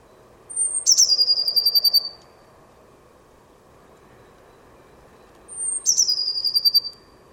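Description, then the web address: Bird calling twice, about five seconds apart. Each call is a high thin note leading into a rapid trill, with a steady low hum in the background. "Deverinetal 2025 File origin Bird Only Cy Ca"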